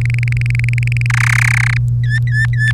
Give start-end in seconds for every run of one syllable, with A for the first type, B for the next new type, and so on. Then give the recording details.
0.01-1.06 A, 1.10-1.77 B, 2.04-2.71 C. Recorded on 3 May 2018 at 08:24. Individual llb3